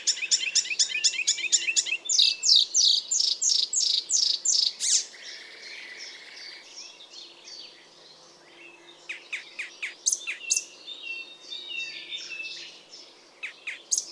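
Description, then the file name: Icterine warbler song: a fast, varied stream of sharp high notes, some repeated several times in a row, pausing briefly before resuming with scattered chattering phrases. "Ruud van Beusekom - Zelenaya peresmeshka Hippolais icterina"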